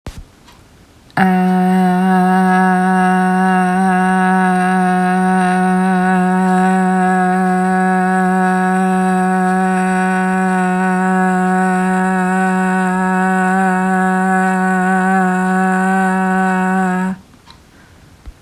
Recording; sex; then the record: sustained vowel /a/; female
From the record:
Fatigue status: fatigue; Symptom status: symptomatic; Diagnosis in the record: COVID-19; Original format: m4a